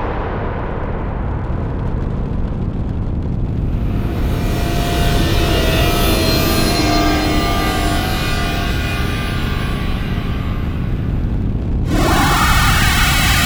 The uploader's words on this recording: Nightfall - Scary Sound Effects and Ambiences.